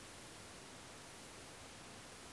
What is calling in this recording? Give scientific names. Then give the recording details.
none. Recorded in France